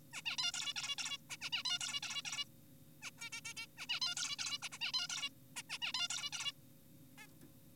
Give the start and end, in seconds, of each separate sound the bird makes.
0.13-0.22, 0.26-0.37, 0.38-0.52, 0.54-0.74, 0.76-0.96, 0.98-1.17, 1.30-1.37, 1.42-1.50, 1.53-1.63, 1.65-1.79, 1.81-2.00, 2.03-2.22, 2.25-2.45, 3.02-3.11, 3.18-3.30, 3.33-3.41, 3.45-3.54, 3.57-3.66, 3.78-3.86, 3.89-4.00, 4.02-4.15, 4.17-4.36, 4.39-4.58, 4.62-4.69, 4.72-4.78, 4.81-4.92, 4.94-5.08, 5.10-5.30, 5.56-5.62, 5.70-5.78, 5.82-5.92, 5.94-6.08, 6.10-6.30, 6.33-6.52, 7.18-7.27